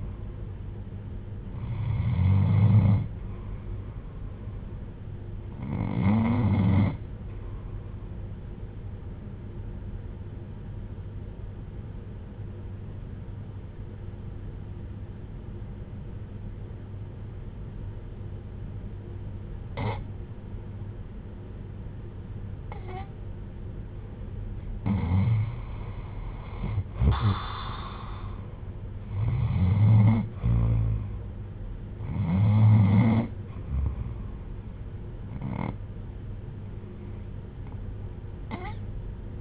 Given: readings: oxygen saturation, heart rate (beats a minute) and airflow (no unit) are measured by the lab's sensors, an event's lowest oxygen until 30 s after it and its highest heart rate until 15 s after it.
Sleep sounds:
breathing in sleep by a smartphone at the bedside; 1
8.00-27.60 s: hypopnea (REM, oxygen 96% highest, then 89% lowest, heart rate 63 at the start, 68 highest)
From the record:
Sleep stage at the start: REM sleep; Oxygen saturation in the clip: 90 to 96%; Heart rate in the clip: 55 to 68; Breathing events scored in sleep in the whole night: 310 in 8.1 hours asleep

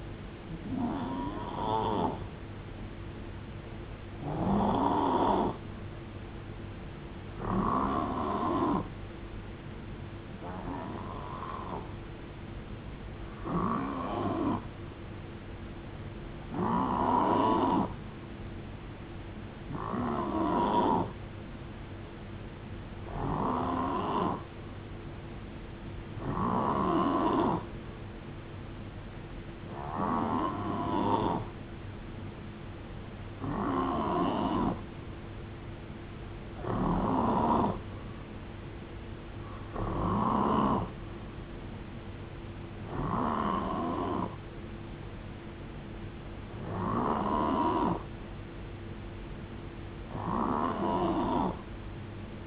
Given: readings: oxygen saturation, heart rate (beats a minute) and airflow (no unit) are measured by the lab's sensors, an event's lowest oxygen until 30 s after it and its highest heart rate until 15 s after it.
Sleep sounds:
breathing in sleep by a voice recorder at the bedside; none
none scored
From the record:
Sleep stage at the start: N3 (deep sleep); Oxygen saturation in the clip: 89 to 91%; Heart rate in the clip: 62 to 77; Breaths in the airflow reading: 14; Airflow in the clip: -9.0 to 7.0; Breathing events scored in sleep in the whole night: 389 in 6.3 hours asleep

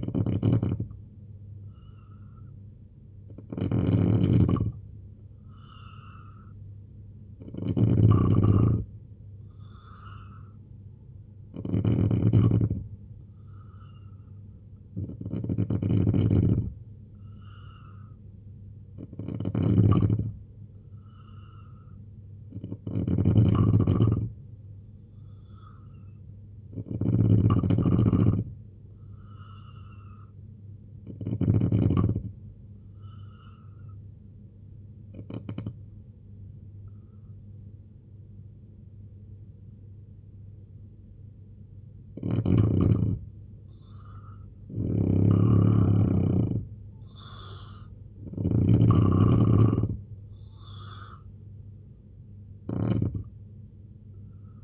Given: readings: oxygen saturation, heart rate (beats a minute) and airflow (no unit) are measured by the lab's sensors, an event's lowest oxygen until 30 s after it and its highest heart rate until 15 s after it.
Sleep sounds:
breathing in sleep by a smartphone at the bedside; 1
15.00-54.64 s: new sleep stage, N2 (light sleep)
32.00-47.40 s: hypopnea (N2, oxygen 88% highest, then 84% lowest, heart rate 74 at the start, 81 highest)
From the record:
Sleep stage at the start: N3 (deep sleep); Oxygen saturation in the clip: 86 to 89%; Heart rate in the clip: 69 to 81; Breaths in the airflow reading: 11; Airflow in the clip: -3.3 to 5.1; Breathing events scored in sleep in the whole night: 258 in 7.4 hours asleep

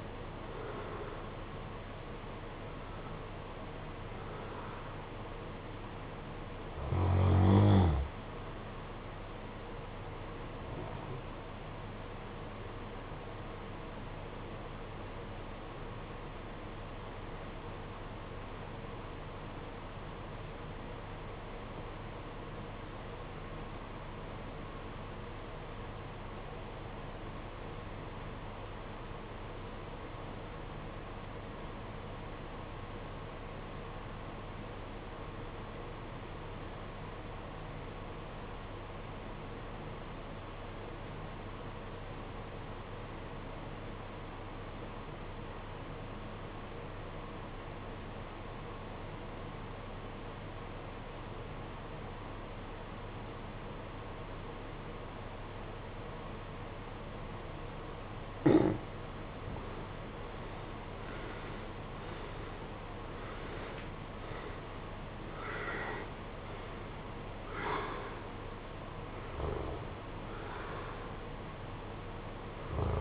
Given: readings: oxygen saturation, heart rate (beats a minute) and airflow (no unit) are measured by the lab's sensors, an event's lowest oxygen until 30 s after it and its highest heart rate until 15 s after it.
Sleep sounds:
breathing in sleep by a voice recorder at the bedside; 1
12.00-59.60 s: obstructive apnea (REM, oxygen 95% highest, then 73% lowest, heart rate 50 at the start, 79 highest)
From the record:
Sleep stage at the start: REM sleep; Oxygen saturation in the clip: 76 to 95%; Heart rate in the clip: 49 to 79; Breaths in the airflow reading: 7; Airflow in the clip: -16.5 to 14.7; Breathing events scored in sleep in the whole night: 476 in 9.7 hours asleep

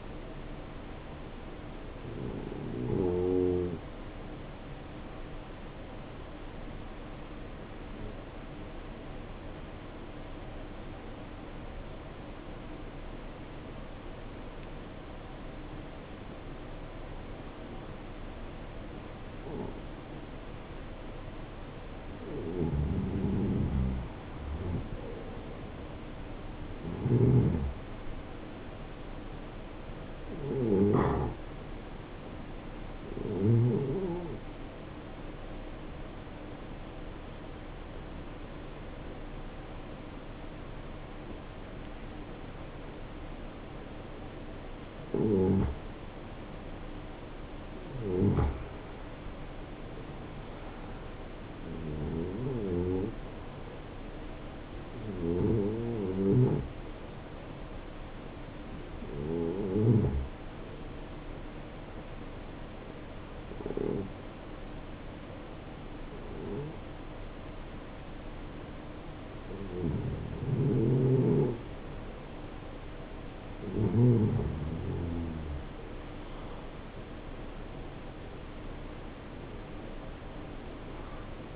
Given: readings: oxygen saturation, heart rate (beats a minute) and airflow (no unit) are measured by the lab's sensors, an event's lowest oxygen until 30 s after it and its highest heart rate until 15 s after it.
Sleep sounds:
breathing in sleep by a voice recorder at the bedside; 4
6.00-23.90 s: obstructive apnea (N2, oxygen 87% highest, then 85% lowest, heart rate 68 at the start, 77 highest)
27.00-45.80 s: hypopnea (N2, oxygen 89% highest, then 85% lowest, heart rate 77 at the start, 78 highest)
49.00-57.80 s: hypopnea (N2, oxygen 90% highest, then 86% lowest, heart rate 76 at the start, 76 highest)
62.00-76.40 s: hypopnea (N2, oxygen 91% highest, then 86% lowest, heart rate 75 at the start, 75 highest)
From the record:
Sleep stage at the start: N2 (light sleep); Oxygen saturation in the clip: 85 to 91%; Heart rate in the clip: 64 to 78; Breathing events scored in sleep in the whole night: 277 in 7.4 hours asleep

